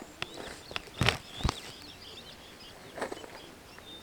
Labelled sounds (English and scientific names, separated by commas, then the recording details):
Superb Starling (Lamprotornis superbus) flight call
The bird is a male
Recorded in Kenya on 26 June 2010
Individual 15, of group CF2